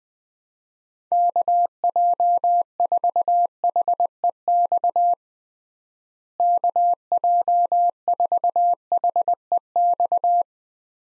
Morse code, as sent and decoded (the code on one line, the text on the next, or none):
-.- .--- ....- .... . -..- / -.- .--- ....- .... . -..-
KJ4HEX KJ4HEX